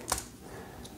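A plastic joint part is pushed into the second side of a plastic robot figure, and it snaps into place with a sharp click at 0.1 s. A fainter tick follows near 0.9 s over a low, steady background, and the part is seated.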